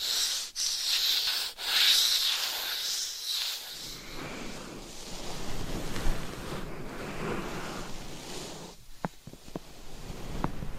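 Scratching and rubbing noises with a bright, hissy texture fill the first few seconds, broken by two sharp gaps near the half-second and 1.5-second marks. After about four seconds the sound turns lower and grainier, a steady massaging rub, with a few crisp taps near the end.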